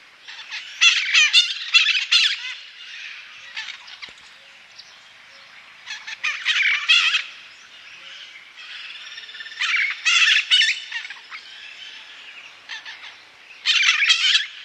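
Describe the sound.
Bird calls in harsh, squawking bursts, clustered in groups of several notes separated by quieter pauses of a few seconds.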